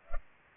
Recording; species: mosquito wingbeat signal from an infrared sensor; Culex pipiens